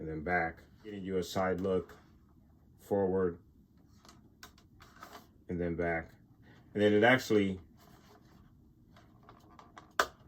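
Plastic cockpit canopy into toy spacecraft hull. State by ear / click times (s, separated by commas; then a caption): seated / 10.0 s. Someone talks while the plastic cockpit canopy of a Vintage Collection E-Wing toy starfighter is slid forward and back along its hull, with faint scraping and ticking sounds between the phrases. The canopy is then pushed back and snaps into its locked position with a loud, sharp click at 10.0 s.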